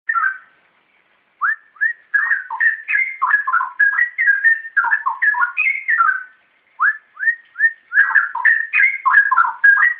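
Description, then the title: Oriental magpie-robin song: rich, varied whistled phrases with quick slurred and rising notes, delivered in rapid bursts with brief pauses between runs. "Kicau Kacer Durasi Panjang 1jam Lebih"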